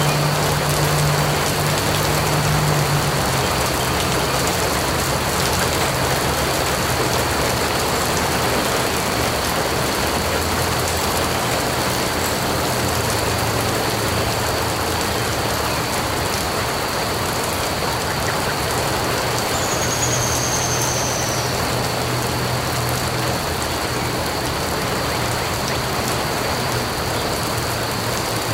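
Rain patters steadily on the ground, a dense, even hiss of drops with no break across the whole recording. A low hum runs underneath, like traffic, and a faint high whistle or chirp briefly appears around twenty seconds.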